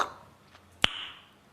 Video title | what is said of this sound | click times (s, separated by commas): ASRock RX 9070 XT Steel Legend Review: Unboxing, Benchmarks & Is It Worth It? | Um, well, maybe not a click, but it is in there. | 0.8 s